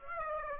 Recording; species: mosquito wingbeat signal from an infrared sensor; Aedes aegypti